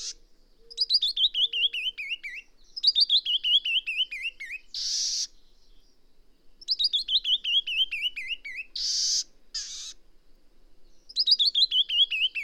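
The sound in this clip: Songbird singing repeated fast descending trills of whistled notes, some followed by short harsh buzzy bursts.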